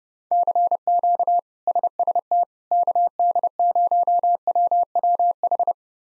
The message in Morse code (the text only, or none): CQ SST KD0WWH